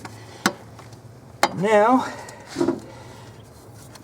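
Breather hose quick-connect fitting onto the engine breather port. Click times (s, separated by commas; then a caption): 1.4 s. A plastic quick-connect fitting on the crankcase breather hose of a 2015 Ford Mustang EcoBoost is pushed onto the engine breather port under the intake tube. A lighter tap comes at 0.5 s, then the fitting clicks in sharply at 1.4 s and is seated. Someone talks right after the click.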